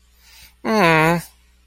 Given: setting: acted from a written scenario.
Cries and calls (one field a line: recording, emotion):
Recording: vocal sound without words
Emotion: disappointment